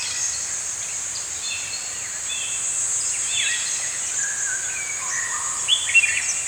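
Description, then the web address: Birds singing in a morning chorus, with scattered high whistled and chirped phrases over a steady high insect-like hiss, with a few louder chirps near the end. Several birds singing in the morning in a forest. "Dr Sound Effects. Morning Birds Singing In a Forest"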